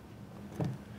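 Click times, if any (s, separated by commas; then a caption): none. A press-fit part is pressed by hand into a 3D printer frame during the build. A low steady hum runs throughout, with one brief, dull low thump near 0.6 s. The part has not clicked home or seated yet.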